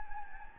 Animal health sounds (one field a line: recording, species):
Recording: mosquito wingbeat signal from an infrared sensor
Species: Anopheles gambiae